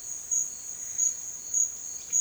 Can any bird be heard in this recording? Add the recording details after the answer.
no. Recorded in dense forest near Puerto Asís, Putumayo, Colombia, on 22 June 2025 at 12:00. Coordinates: 0.468, -76.322. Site GP03